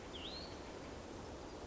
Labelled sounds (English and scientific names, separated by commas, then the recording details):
Hutton's Vireo (Vireo huttoni)
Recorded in Sonoma County, California